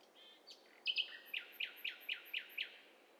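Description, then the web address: Bird calls: a few varied notes, then a series of six sharp, evenly spaced chips, over a steady hiss of background noise. Mixture of several birds calling together, in stereo. "Hi Fi STEREO BIRD COCKTAIL PARTY"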